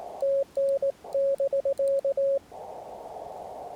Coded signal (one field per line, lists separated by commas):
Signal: Morse code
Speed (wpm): 19 wpm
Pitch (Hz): 550 Hz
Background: radio noise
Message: TN<BK>